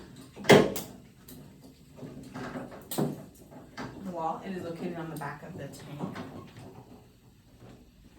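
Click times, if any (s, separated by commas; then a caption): none. An oxygen hose quick-connect, coming off the back of the tank, is handled toward a wall oxygen outlet while someone talks, with a sharp knock at 0.5 s and lighter clatter around 0.8 s, 1.3 s and 3.8 s. Nothing has seated or clicked into the wall outlet yet.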